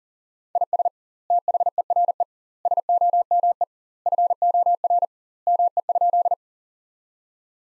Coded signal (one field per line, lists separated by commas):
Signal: Morse code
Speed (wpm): 40 wpm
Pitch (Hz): 700 Hz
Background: none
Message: IS THERE SOME FOR ME?